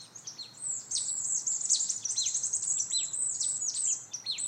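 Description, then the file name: Marsh tit calls: dense, high-pitched chattering of clipped, falling notes, some buzzy, running continuously with little gap between them. "Poecile palustris"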